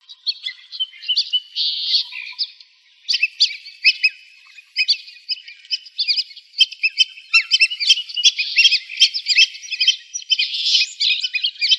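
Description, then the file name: Black-bellied whistling ducks calling together in a dense, continuous chatter of high squealing whistles overlapping throughout. Arizona, 6 October 2002. "BBWD deviche"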